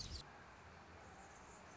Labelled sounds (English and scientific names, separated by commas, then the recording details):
Anna's Hummingbird (Calypte anna)
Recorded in Sonoma County, California